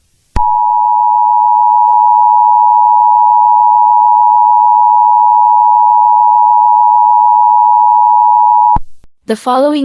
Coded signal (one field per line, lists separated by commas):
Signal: Emergency Alert System (SAME) tones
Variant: 853 and 960 Hz attention tone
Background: speech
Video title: EAS Scenario: The Awakening (The Rise of the Plaxiavirus in Hawaii and American Pacific Territories)